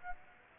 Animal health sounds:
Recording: mosquito wingbeat signal from an infrared sensor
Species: Aedes aegypti

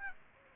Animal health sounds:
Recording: mosquito wingbeat signal from an infrared sensor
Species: Aedes aegypti

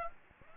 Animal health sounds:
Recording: mosquito wingbeat signal from an infrared sensor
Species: Aedes aegypti

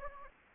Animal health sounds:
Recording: mosquito wingbeat signal from an infrared sensor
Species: Anopheles gambiae

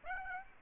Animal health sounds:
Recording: mosquito wingbeat signal from an infrared sensor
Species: Aedes aegypti

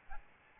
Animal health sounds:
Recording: mosquito wingbeat signal from an infrared sensor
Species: Aedes albopictus

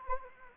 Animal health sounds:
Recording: mosquito wingbeat signal from an infrared sensor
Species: Anopheles arabiensis

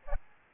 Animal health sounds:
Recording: mosquito wingbeat signal from an infrared sensor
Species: Aedes albopictus

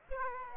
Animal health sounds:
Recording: mosquito wingbeat signal from an infrared sensor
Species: Aedes aegypti

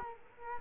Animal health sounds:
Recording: mosquito wingbeat signal from an infrared sensor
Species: Culex quinquefasciatus

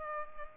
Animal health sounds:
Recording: mosquito wingbeat signal from an infrared sensor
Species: Culex pipiens

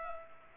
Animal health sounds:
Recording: mosquito wingbeat signal from an infrared sensor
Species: Culex pipiens

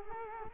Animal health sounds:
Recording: mosquito wingbeat signal from an infrared sensor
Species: Culex quinquefasciatus

